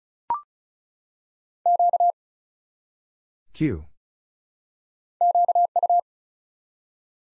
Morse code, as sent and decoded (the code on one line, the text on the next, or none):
--.- / --.- ..-
Q QU